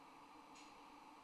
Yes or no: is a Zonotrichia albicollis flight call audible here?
no